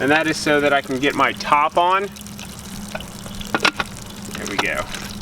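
Someone talks while handling the lid of a Poolife NST pool chlorine tablet feeder, after tablets have been loaded and a little water drained so the top can go back on. Faint trickling and a few sharp plastic knocks follow near 3.5–3.8 seconds. The lid has not clicked into place yet.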